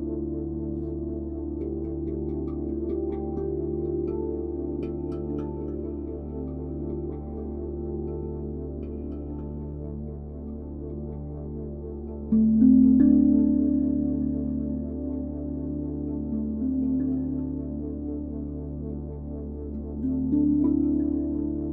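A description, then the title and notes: Binaural beats: a steady, low, layered drone with sustained tones stacked under a few hundred cycles, slowly swelling and pulsing. Around 12 seconds a brighter tone enters more loudly and then fades, and another swell rises near 20 seconds. Binaural Beats | מדיטציית צלילים רב ממדית | טונים בינוראלים וראב.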